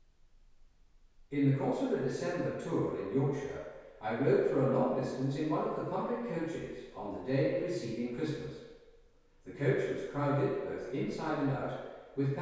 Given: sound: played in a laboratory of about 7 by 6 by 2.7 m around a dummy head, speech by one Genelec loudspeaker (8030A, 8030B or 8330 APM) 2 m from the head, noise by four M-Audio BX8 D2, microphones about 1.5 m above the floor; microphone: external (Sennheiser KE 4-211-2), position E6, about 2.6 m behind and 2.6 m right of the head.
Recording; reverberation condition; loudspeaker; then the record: male speech in English; high; 120 degrees to the left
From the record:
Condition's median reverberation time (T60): about 1300 ms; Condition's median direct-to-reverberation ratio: about -4.0 dB